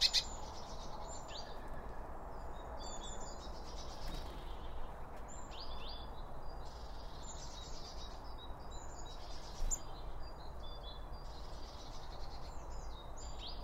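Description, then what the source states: Birds chirping and twittering repeatedly in high short notes throughout, over a steady low background hum. Birds recorded around a bird feeder with two OM 1 microphones from Line Audio.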